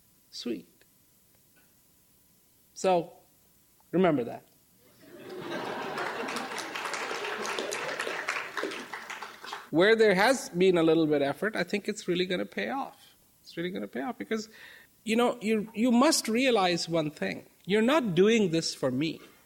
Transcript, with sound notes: sweet, so remember that. (laughter and scattered applause) Where there has been a little bit of effort I think it's really gonna pay off, it's really gonna pay off because you know, you must realize one thing you're not doing this for me,